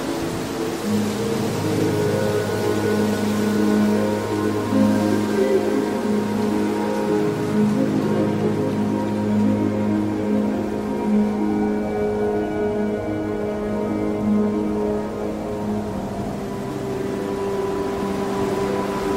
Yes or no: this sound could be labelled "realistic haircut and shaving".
no